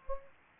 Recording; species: mosquito wingbeat signal from an infrared sensor; Anopheles gambiae